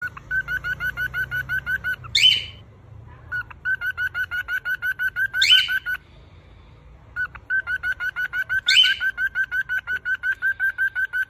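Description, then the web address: Cockatiel chirping in quick rhythmic runs, each broken about every three seconds by a short, harsh, rasping scream before the chirping starts again. Screams of a female and a male cockatiel. "صدای-جیغ-عروس-هلندی-ماده-و-نر"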